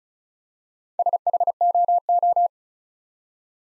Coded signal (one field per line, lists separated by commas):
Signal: Morse code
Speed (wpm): 36 wpm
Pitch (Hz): 700 Hz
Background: none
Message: SHOO